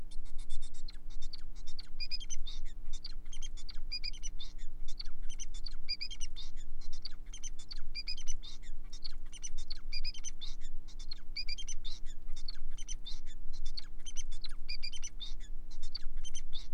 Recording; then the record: song of a male Bengalese finch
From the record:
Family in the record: son of father 4